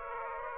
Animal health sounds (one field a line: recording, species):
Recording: mosquito wingbeat signal from an infrared sensor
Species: Aedes aegypti